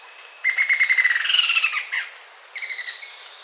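Bird call: a rapid trill of sharp notes sliding slightly downward, a pause, then a shorter trill, over a steady high whine.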